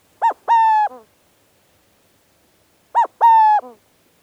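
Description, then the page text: Burrowing Owl cooing, a short note followed by a longer level coo, given twice about three seconds apart, with silence between. Owls nesting underground in colonies, often in old prairie dog or ground squirrel burrows on western rangelands; active by day. "Burrowing Owls: Howdy Birds. BirdNote. Chirp Nature Center"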